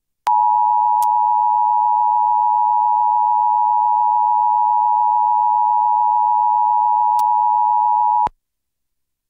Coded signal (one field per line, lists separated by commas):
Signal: Emergency Alert System (SAME) tones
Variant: 853 and 960 Hz attention tone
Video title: EAS #1071: EAS Severe Thunderstorm Watch- Mar. 26, 2025- 3:10PM PDT